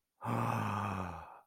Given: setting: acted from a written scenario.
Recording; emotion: vocal sound without words; awe